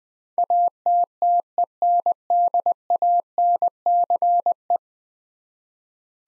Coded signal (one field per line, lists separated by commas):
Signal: Morse code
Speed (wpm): 20 wpm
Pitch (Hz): 700 Hz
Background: none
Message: ATTENDANCE